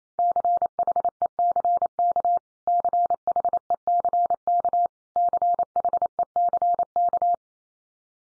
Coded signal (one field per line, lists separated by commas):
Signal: Morse code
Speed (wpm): 28 wpm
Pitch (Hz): 700 Hz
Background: none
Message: CHECK CHECK CHECK